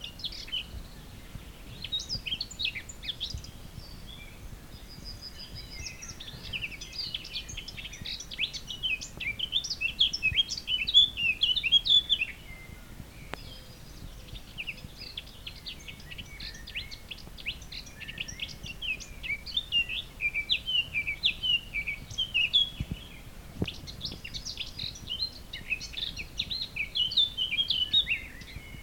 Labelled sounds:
Eurasian Blackcap (Sylvia atricapilla) song

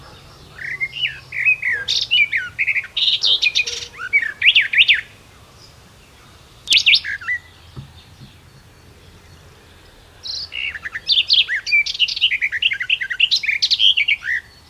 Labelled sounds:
Garden Warbler (Sylvia borin) song

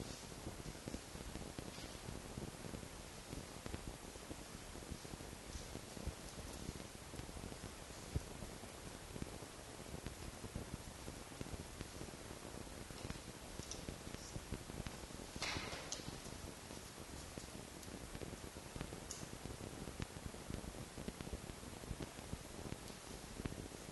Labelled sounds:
Red Fox (Vulpes vulpes)

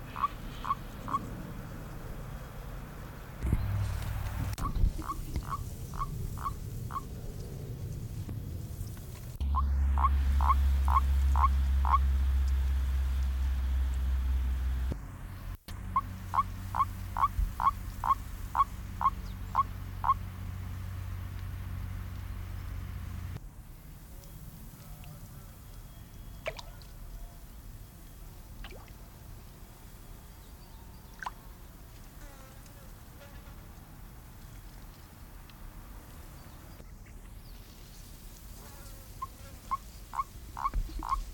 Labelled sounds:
Common Toad (Bufo bufo)

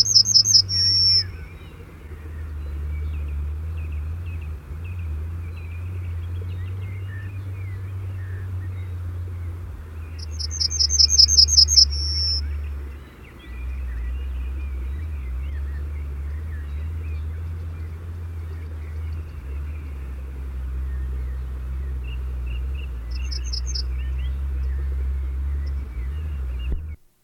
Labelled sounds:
Yellowhammer (Emberiza citrinella) song

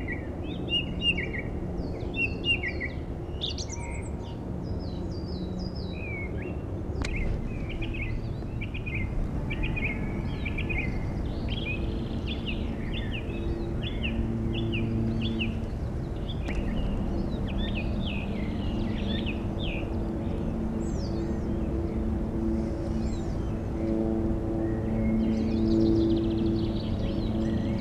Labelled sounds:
Song Thrush (Turdus philomelos) song

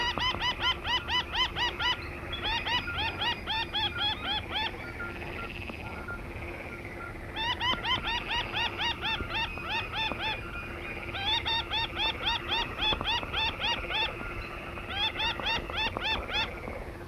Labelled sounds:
Little Grebe (Tachybaptus ruficollis) call

